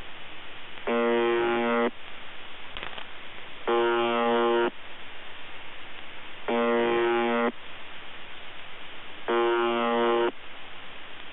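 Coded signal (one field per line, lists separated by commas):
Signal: channel marker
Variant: UVB-76 (The Buzzer)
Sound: four harsh low buzzes, each about one second, evenly spaced amid hiss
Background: radio static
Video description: UVB-76 "The Buzzer" sounds a bit broken. Received in Denmark with Airspy HF+ and Gqrx SDR on 2017-10-21 23:53z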